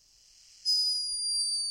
A hummingbird snoring.